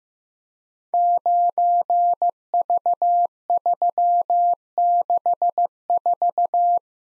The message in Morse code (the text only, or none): 9V364